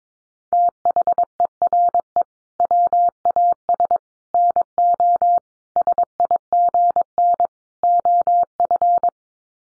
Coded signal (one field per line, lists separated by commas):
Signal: Morse code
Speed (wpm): 22 wpm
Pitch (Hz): 700 Hz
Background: none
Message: THERE WAS NO SIGN OF